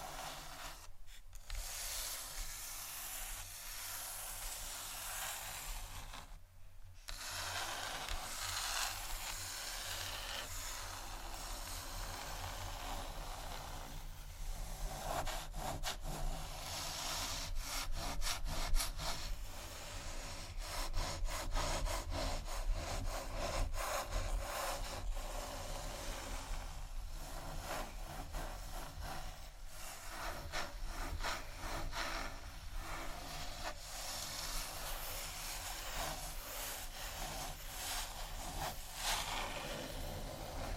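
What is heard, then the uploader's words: Continuous scratching and rubbing on a wooden table surface, dense and fairly even, with a low rumble underneath throughout. Short breaks come around one and six seconds, and from about fifteen seconds quick rapid scrapes and light taps cluster, busiest near twenty to thirty seconds. ASMR Tap & Scratch On Table Surfaces （No Talking）.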